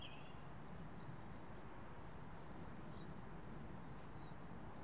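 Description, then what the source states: Garden birds giving high, thin chirps in short buzzy bursts, several scattered throughout, over a steady low rumble of traffic. Birds in a residential garden, with distant skyline traffic.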